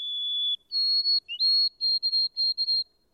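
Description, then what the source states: White-throated Sparrow song: a long pure whistled note, then a higher note and a series of short repeated whistled notes at one pitch, in clean silence. Song, described as a very delicate and plaintive, thin, wavering, tremulous whistle that ends when it seems only to have begun.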